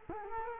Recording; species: mosquito wingbeat signal from an infrared sensor; Culex quinquefasciatus